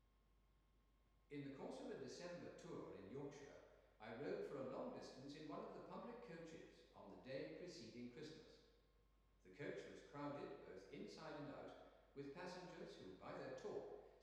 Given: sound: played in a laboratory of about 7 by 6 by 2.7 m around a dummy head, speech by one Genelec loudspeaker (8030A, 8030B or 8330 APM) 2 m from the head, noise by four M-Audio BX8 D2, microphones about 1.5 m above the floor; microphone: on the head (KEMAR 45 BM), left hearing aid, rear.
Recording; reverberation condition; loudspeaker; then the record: male speech in English; high; in front (0 degrees)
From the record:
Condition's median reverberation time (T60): about 1300 ms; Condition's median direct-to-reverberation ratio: about -4.0 dB